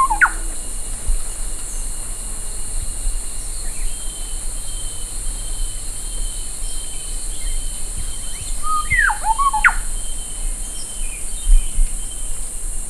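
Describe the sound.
Bird with a short whistled call at the very start and a fuller phrase of falling and rising whistles around nine seconds, steady hiss throughout.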